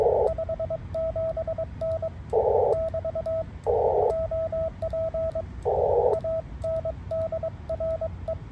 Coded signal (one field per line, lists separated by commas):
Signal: Morse code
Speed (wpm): 22 wpm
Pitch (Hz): 650 Hz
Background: radio noise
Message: 57N <BT> OP ANDRE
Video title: 2024-09-11 ham radio session